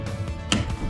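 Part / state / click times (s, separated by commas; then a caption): window stay arm in a camper window frame / seated / 0.5 s. A window stay arm in a camper window frame is pushed further open and clicks into its second detent at 0.5 seconds, a single sharp click over steady background music. The window is held in its second open position.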